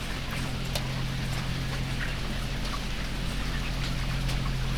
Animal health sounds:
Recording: poultry house recording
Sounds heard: healthy chickens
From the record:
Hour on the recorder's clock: 7

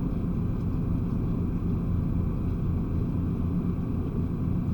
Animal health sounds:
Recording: poultry house recording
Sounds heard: no chicken sound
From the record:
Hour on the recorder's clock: 3

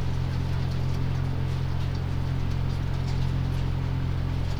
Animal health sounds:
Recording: poultry house recording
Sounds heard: no chicken sound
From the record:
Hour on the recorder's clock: 3

